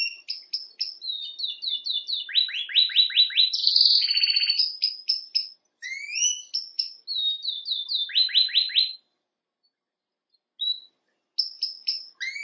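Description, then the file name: Canary song with bursts of fast downslurred chips and rolled trills, broken by short pauses and a longer gap near the end. "Canary Voice"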